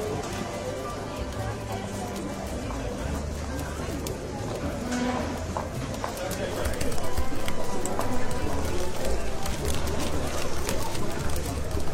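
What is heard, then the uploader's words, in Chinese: Inside a Paris café during the Christmas holidays, many voices overlap in a steady, dense murmur. Sharp clicks and clatters of cups or dishes break through often, and the room grows louder after about seven seconds. 圣诞假日的巴黎咖啡厅。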